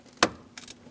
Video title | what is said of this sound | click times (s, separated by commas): How to Replace Ignition Harness 2001-2006 Chevrolet Silverado 2500 HD | Install the connector. Push until you hear a click. | 0.2 s